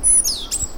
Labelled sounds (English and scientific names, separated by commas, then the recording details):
Stitchbird (Notiomystis cincta) song
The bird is a male
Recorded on Tiritiri Matangi Island, New Zealand, in 2005
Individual 1, of nest box 1